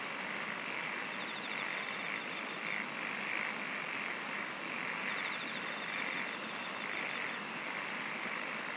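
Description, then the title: Insects calling: a continuous high whine, a fast pulsed trill early on, and softer repeated chirps midway over a thick chorus background. "SINGING OF INSECTS"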